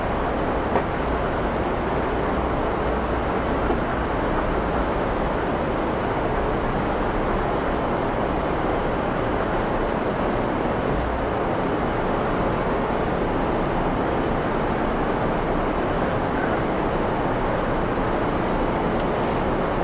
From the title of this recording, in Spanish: Ambiente de Transbordador Espacial